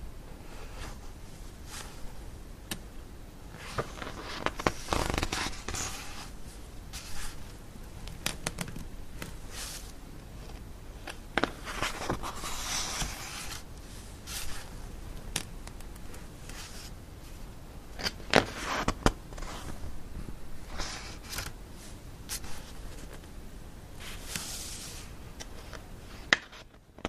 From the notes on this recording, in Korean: 책을 넘기는 소리